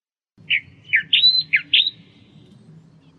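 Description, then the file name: Australian reed warbler giving a short burst of several scratchy, rasping chirps, with a soft low hum in the background. "suara kicauan burung kerakbasi australia. omkicau"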